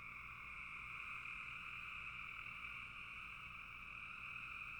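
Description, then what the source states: Massed frogs giving a constant, rapid trilling chorus, dense and uniform. Frogs calling in a bog.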